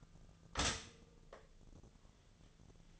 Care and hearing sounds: daily activity, microphone in the room; stop toaster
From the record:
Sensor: 4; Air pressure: 1010.1 hPa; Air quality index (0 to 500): 178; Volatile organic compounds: 5 ppm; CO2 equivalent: 1803 ppm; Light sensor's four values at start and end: 19/60/23/22 and 19/60/23/22

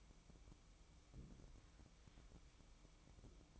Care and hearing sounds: daily activity, microphone in the room; place on stove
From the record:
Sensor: 1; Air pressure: 1008.1 hPa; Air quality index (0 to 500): 135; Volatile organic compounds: 2 ppm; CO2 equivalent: 1132 ppm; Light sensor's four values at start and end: 8/19/7/8 and 8/18/7/8

